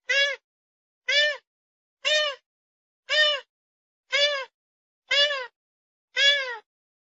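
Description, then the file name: Grey-headed swamphen calling: seven short wailing notes, each arching up then falling, repeated steadily about once per second. "Tieng trich co"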